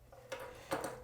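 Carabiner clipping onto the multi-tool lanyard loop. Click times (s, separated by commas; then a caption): 0.3 s. A metal carabiner supplied with a Leatherman Sidekick multi-tool is clipped onto the tool's lanyard loop, and its spring gate closes with a sharp click at 0.3 s. The carabiner seats in place, followed by a second bright metallic tick near 0.7 s.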